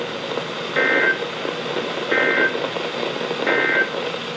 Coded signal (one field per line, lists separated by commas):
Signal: Emergency Alert System (SAME) tones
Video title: EAS #1484-#1501: Ping Pong Ball Sized Hail | WXL60 & WZ2500